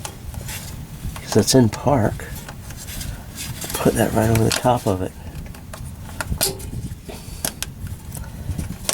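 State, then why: Seated. Under a 2004 Ford Econoline E-450 van with the transmission in park, the replacement transmission shift linkage end is pressed over the ball stud on the transmission shift lever while someone talks. Amid scraping and metallic taps, a sharp click at 7.6 s shows the linkage bushing has snapped onto the lever stud and is seated.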